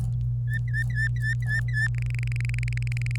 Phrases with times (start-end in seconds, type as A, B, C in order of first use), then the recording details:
0.48-1.88 A, 1.95-3.16 B. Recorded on 25 April 2018 at 16:42. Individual llb3